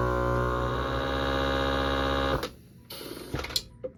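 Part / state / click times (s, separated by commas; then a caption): metal canning lid on a glass jar under a vacuum sealer attachment / seated / 3.6 s. A vacuum-sealer jar attachment plugged onto the top of a glass canning jar runs on its accessory setting with a steady motor hum, which cuts off at about 2.4 seconds. As the vacuum is drawn, the metal canning lid pulls down onto the glass jar with a sharp click at 3.6 seconds, sealing it.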